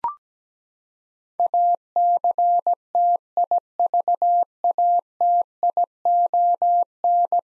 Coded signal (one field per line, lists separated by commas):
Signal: Morse code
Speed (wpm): 17 wpm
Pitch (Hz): 700 Hz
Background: none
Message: ACTIVATION